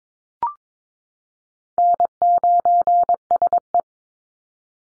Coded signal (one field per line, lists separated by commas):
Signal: Morse code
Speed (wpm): 22 wpm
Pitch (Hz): 700 Hz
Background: none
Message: N9SE